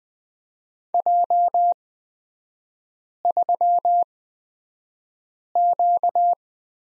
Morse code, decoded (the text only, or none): J3Q